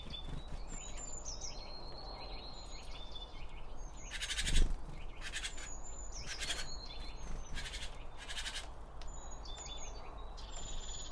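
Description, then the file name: Birds chirp and whistle at high pitch while bursts of loud rustling noise come and go, with one sharp thump midway. Birds around a bird feeder, recorded with two Line Audio OM1 microphones. "Birds Around Birdfeeding With Two Om 1 From Line Audio"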